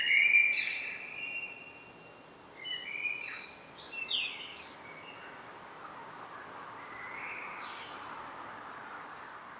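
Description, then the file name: Common blackbird singing fluty, warbling phrases at the start and again after a short pause, then only faint sounds, against a constant hiss. "Turdus merula"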